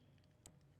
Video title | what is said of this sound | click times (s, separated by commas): MQB/MQBevo Coilpack Grounding Kit Install | until you hear a little click and you can't pull it back out. Hear a little click. | 0.5 s